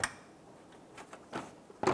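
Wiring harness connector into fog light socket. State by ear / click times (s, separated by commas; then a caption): not seated / none. A plastic wiring harness connector is handled at the back of the fog light socket on a 2014–2019 Toyota Highlander, producing a sharp plastic tap at 0.0 s, soft rustling ticks around 1.0–1.4 s, and another sharp knock at 1.9 s. The connector has not clicked in or seated yet.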